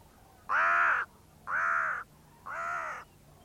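Bird giving three harsh caws about a second apart, the last slightly quieter.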